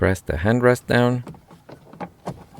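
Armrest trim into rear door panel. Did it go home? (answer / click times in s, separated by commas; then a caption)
no / none. Someone talks while handling the plastic hand rest armrest trim on the rear door panel of a 2014–2019 Toyota Corolla, followed by faint handling sounds. The trim is about to be pressed down into the door panel, but nothing has seated or clicked yet.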